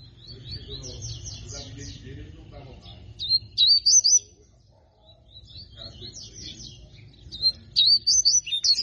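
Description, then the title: Rusty-collared seedeater singing a run of rapid buzzy notes, then sharp, looping whistled phrases, followed by another buzzy series and more bright whistles. Tui tui style song; female bird. "COLEIRO DE GOLA TUI TUI FIBRA"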